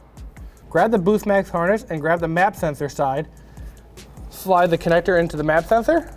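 The plastic connector on the MAP-sensor side of a JMS BoostMAX Plug-N-Play Performance Booster harness is being slid into the MAP sensor on a Ford F-150. Someone talks over it, with a few faint handling ticks around 0.2, 0.4, 3.6 and 4.2 seconds. The connector has not seated or clicked yet.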